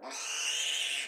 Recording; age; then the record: pig call; piglet (1 to 25 days)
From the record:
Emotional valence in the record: negative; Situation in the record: restrain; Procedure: in the arms of a person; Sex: female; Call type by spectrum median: high-frequency call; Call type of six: high-frequency modulated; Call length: 1.08 s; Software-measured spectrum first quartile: 2762 Hz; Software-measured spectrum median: 3779 Hz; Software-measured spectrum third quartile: 6575 Hz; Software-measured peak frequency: 2883 Hz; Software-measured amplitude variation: 80 dB a second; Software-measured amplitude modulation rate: 28.2 a second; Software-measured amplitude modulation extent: 2.8 dB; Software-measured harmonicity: 2.6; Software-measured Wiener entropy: -2.06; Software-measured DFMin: 2325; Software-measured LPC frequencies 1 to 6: 814, 1684, 2879, 5036, 6188, 6749 Hz